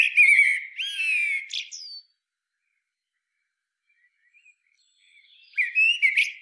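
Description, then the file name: Common blackbird song: a loud, slurred fluty phrase with a squeaky flourish, then silence, then the start of another whistled phrase. "Turdus merula"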